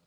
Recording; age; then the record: pig call; piglet (1 to 25 days)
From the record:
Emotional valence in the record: positive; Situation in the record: short reunion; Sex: male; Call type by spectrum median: low-frequency call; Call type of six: low-frequency stable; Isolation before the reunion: 3 minutes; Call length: 0.07 s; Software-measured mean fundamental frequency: 32 Hz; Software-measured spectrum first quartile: 291 Hz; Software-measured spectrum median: 1191 Hz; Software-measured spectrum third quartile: 5322 Hz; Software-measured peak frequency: 166 Hz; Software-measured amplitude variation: 30 dB a second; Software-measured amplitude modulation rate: 6.9 a second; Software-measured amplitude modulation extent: 4.3 dB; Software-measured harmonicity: 3.1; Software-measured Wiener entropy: -1.67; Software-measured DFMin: 582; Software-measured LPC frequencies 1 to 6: 1300, 2465, 3283, 4181, 4763, 6232 Hz